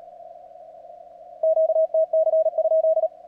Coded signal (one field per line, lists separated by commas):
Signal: Morse code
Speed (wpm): 38 wpm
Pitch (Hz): 660 Hz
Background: none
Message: QTC?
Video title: WAE CW CONTROL Z N1MM TO SEND QTC